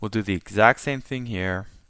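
A plastic tab on the upper truck section of an Ultra Magnus Studio Series '86 transforming figure is handled to repeat the same step on the other side. Someone talks throughout. Nothing has clicked into place yet.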